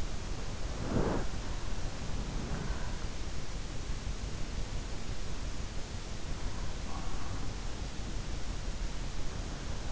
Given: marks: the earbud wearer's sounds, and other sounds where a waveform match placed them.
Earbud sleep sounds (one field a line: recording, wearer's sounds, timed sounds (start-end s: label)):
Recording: sounds in sleep by an in-ear microphone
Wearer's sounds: body movement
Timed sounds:
0.00-3.52 s: body movement